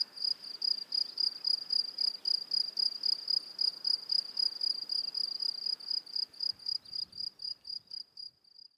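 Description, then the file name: Cricket song of steady high chirps in a fast regular rhythm that weakens and fades out toward the end. "grillons"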